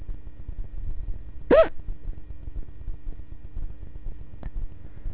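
A single brief, sharp voiced gulp with a quick upward pitch, typical of one hiccup from an adult, over low background hum.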